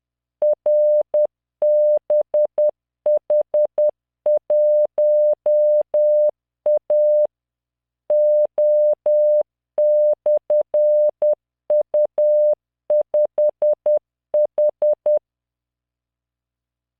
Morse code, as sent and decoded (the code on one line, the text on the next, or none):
.-. -... .... .---- .- / --- -..-. ..- ..... ....
RBH1A O/U5H